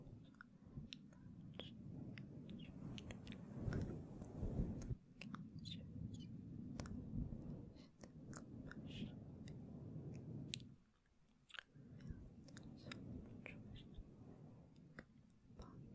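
Soft, inaudible whispering runs through most of the clip as a low breathy murmur, louder around four to five seconds and dropping out briefly near eleven seconds. Frequent small clicks and taps from gentle mic touching sit on top, irregular and mouthy, like chewing.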